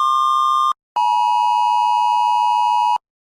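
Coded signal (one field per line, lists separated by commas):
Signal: Emergency Alert System (SAME) tones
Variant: 853 and 960 Hz attention tone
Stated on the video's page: Cell phone Amber Alert sound played at different speeds.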